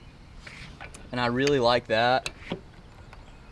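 Someone handles an added over-center draw latch on a rooftop tent shell while closing the tent, with faint ticks around 0.5 s, 1.0 s and 3.1 s and someone talking in the middle. The latch has not yet snapped shut or locked into place by the end of the clip.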